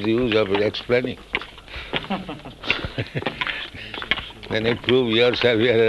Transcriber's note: laughing